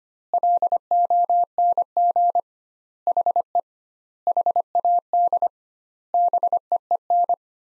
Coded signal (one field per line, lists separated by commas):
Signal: Morse code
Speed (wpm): 25 wpm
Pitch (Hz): 700 Hz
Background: none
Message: LONG HE HAD BEEN